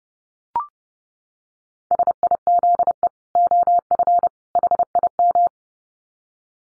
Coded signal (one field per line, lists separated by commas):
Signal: Morse code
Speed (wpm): 30 wpm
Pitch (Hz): 700 Hz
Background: none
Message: SIZE OF HIM